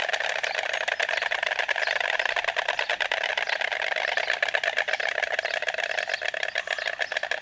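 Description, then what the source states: Stork bill clattering, a fast continuous wooden rattle of dry clicks that runs steadily throughout without a break. Stork beak sounds.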